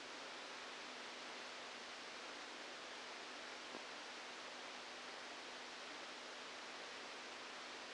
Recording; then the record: brain microelectrode recording played as sound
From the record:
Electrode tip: outside the subthalamic nucleus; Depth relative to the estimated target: -5 mm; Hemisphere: left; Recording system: NeuroSet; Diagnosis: Parkinson's disease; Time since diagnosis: 27 years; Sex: male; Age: 62 years